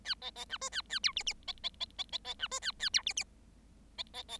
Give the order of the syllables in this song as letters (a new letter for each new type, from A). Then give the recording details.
A B B C D A A E F F B B B B B B C D A A E F F B B B. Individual Bird7